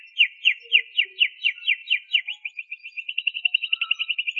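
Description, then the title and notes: Canary song: a run of clear downward-slurred notes about four per second, then speeding into a fast, even rolling trill. "BM Suara Kenari. BM Suara Burung Kenari"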